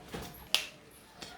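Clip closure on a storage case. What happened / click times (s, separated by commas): The clip snapped shut and locked / 0.5 s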